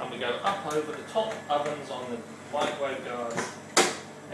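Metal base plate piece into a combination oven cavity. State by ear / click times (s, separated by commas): seated / 3.8 s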